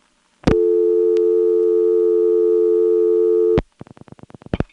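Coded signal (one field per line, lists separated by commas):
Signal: telephone call progress tone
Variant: North America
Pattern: dial tone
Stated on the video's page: Telephone call progress tones from a senderized step-by-step switching office in Lexington, South Carolina.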